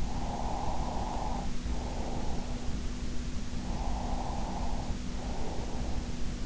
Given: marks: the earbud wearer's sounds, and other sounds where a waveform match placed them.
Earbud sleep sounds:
sounds in sleep by an in-ear microphone; breath
0.07-2.70 s: breath
3.69-6.08 s: breath

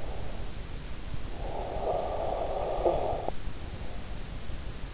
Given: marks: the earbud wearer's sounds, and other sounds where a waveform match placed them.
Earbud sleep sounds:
sounds in sleep by an in-ear microphone; snoring breath
1.28-3.56 s: snoring breath

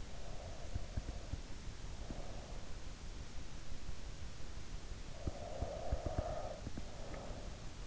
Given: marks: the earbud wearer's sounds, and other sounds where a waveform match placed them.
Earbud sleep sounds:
sounds in sleep by an in-ear microphone; breath
0.03-2.89 s: breath
5.23-7.87 s: breath

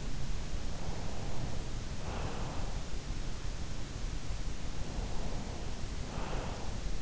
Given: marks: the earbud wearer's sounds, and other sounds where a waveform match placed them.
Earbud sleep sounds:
sounds in sleep by an in-ear microphone; breath
0.81-2.87 s: breath
4.67-7.01 s: breath

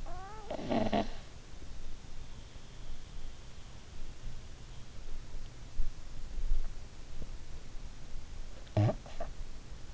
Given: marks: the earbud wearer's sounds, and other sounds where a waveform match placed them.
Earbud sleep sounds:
sounds in sleep by an in-ear microphone; breath, snoring breath
0.00-1.19 s: breath
8.55-9.37 s: snoring breath

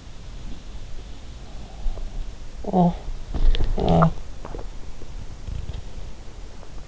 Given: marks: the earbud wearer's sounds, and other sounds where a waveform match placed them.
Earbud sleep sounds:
sounds in sleep by an in-ear microphone; breath, talking in sleep
0.81-2.91 s: breath
2.66-4.69 s: talking in sleep

